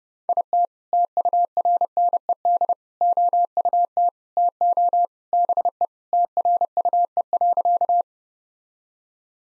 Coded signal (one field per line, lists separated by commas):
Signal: Morse code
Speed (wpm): 30 wpm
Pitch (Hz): 700 Hz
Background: none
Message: IT TURNED OUT TO BE TRUE.